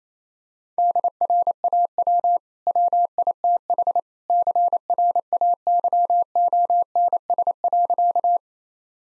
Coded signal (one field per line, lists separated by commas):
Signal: Morse code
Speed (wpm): 27 wpm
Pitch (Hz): 700 Hz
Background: none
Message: DRAW WITH CRAYONS.